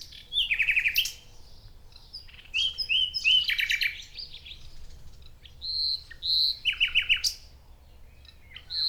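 Common nightingale song of varied phrases: rattling descending notes, sharp chirps and clear whistles with short pauses between.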